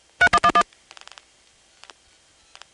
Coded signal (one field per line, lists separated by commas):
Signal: DTMF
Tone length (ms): 70 ms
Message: 311